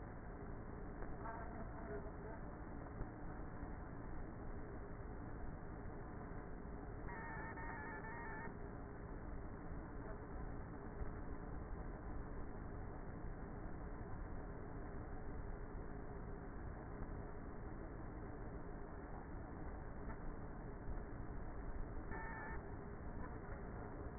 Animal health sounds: honeybee colony, microphone inside the hive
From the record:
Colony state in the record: queenless with a low population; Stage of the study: before two queens were removed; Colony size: about 30,000 bees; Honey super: no

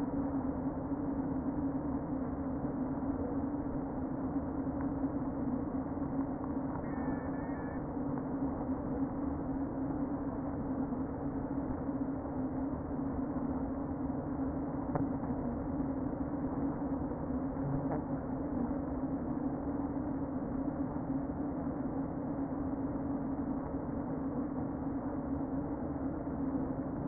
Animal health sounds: honeybee colony, microphone inside the hive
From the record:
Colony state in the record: queen present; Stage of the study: before two queens were removed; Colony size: about 60,000 bees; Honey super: yes

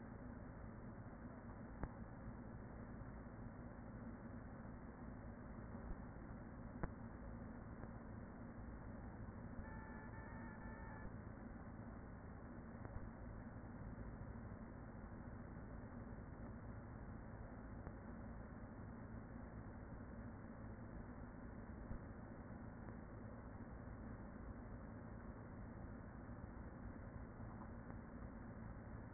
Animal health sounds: honeybee colony, microphone inside the hive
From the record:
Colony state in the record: queen present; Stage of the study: after two queens were removed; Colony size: about 40,000 bees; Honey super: no

